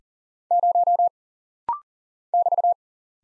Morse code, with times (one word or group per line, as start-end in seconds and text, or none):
0.5-1.1 0
2.3-2.7 <BT>